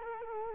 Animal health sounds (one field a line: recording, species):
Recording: mosquito wingbeat signal from an infrared sensor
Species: Culex quinquefasciatus